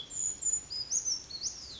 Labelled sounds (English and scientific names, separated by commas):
Brown Creeper (Certhia americana)